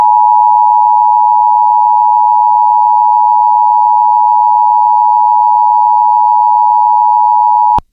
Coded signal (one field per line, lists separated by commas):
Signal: Emergency Alert System (SAME) tones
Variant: 853 and 960 Hz attention tone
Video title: (Delayed Upload) EAS: AMBER Alert Issued for Oregon on 4/23/2024